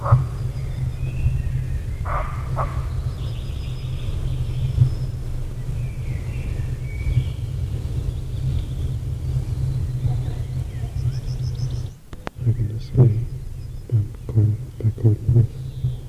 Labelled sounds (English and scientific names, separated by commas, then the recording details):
Western Roe Deer (Capreolus capreolus) barking
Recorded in the wild
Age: adult
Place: Feldberg - Koldenhof, Mecklenburgische Seenplatte, Mecklenburg, DE
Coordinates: 53.3333, 13.3167
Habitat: mixed forest
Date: 1976-06-28 20:12
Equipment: Uher CR 210, Sennheiser MD 421 HL, Verstärker, Reflektor, Kopie Uher 4200
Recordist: Tembrock, Günter